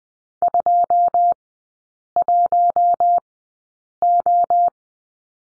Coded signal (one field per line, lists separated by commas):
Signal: Morse code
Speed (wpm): 20 wpm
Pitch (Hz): 700 Hz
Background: none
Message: 21O